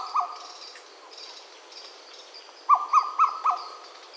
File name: madagascar cuckoo